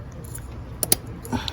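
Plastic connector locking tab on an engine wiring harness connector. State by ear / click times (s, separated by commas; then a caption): seated / 0.8 s, 0.9 s. The plastic locking tab on a coil/injector wiring harness connector is pushed back in after the connector is plugged in on a 2003–2008 Dodge Ram 1500/2500/3500 Hemi 5.7 during spark plug replacement. Two sharp, loud clicks sound at 0.8 s and 0.9 s over faint background noise, with a few softer ticks around them. The lock tab is pushed home and the connector is seated.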